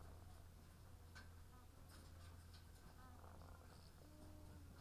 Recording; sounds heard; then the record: poultry house recording; sick chickens (respiratory disease)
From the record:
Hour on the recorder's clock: 18